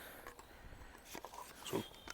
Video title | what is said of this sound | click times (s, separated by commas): Engine oil and oil filter on mk4 golf V5 | clips in there i actually hear a nice clunk | 2.1 s